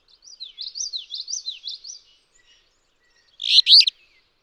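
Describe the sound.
Alder flycatcher: a series of high, wavering slurred notes from another bird comes first, then a single loud, burry alder flycatcher song phrase.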